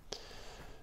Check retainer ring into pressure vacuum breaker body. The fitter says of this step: then it'll snap into place and just make sure it's sitting under that brass Rim at the top